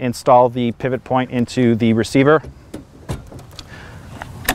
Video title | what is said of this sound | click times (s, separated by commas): Thule EasyFold 9032 (2) Review - Thule Bike Rack - Hitch Bicycle Carrier | just push forward, locking it into place. | 4.5 s